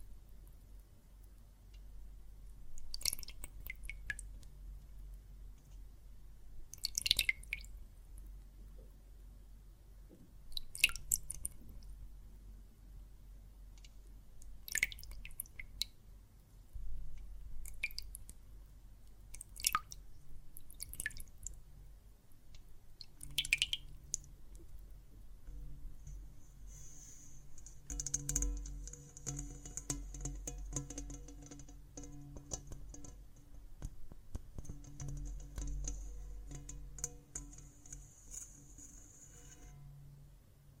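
Water and soap foam make soft, wet squishing sounds, with short bright drips and splashes popping up every few seconds through the first half. A low steady hum sits underneath throughout. From about 27 seconds a thin, hissing fizz of foam joins in and holds to the end.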